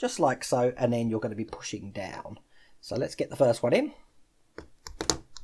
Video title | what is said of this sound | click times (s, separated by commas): Build Your Own R2-D2 - Issue 91 - Attaching the Legs, Base and Foot | being and when you push them in you hear that click as they go in so that's that one in | 5.1 s